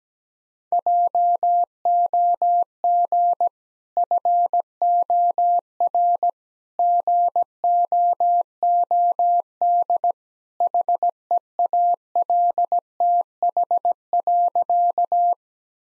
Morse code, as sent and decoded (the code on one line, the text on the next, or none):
.--- --- --. / ..-. --- .-. / --. --- --- -.. / .... . .- .-.. - .... .-.-.-
JOG FOR GOOD HEALTH.